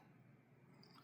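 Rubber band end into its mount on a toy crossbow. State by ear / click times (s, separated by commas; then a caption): not seated / none. A rubber band end is hooked over its mount on a toy crossbow and pushed toward its locking point, with low, steady handling noise and a brief sharp tick at about 0.8 s. Nothing has seated or locked into place yet.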